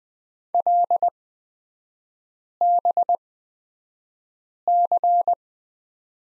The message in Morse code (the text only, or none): LBC